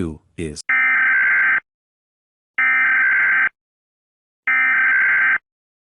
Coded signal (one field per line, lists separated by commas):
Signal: Emergency Alert System (SAME) tones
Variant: header bursts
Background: speech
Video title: EAS - CME (Part I)